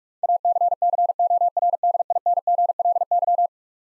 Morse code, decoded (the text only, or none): ACCORDINGLY